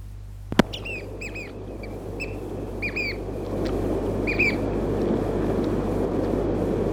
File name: chatham island oystercatcher song